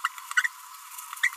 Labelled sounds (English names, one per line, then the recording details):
Green-rumped Parrotlet babbling
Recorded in a nest box in Venezuela
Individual 18B25A4